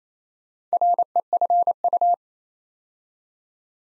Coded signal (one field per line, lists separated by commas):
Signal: Morse code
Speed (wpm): 28 wpm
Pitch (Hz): 700 Hz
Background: none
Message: REFU